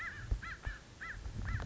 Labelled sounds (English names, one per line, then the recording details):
American Crow
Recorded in Sonoma County, California